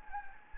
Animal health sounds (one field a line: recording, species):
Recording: mosquito wingbeat signal from an infrared sensor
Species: Anopheles gambiae